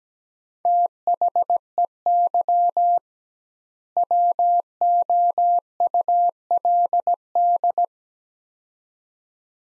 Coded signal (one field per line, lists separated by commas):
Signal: Morse code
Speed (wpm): 17 wpm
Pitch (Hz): 700 Hz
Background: none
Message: THEY WOULD